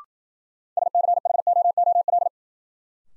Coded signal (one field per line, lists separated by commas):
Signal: Morse code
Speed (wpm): 53 wpm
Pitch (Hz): 700 Hz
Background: none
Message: SCHOOL